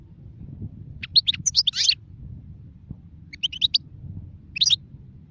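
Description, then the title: European goldfinch phrases: short clusters of sharp, tinkling chirps in three brief bursts, with a low background rumble. Wild bird, singing. "غناءالحسون الخلوي chant chardonneret sauvage"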